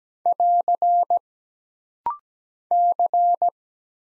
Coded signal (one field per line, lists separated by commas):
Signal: Morse code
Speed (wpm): 17 wpm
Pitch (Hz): 700 Hz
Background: none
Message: <AR> C